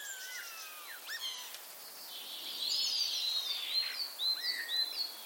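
Common starling with falling and hooked whistles, then a dense rattling chatter of clicks and short upslurred notes filling the second half.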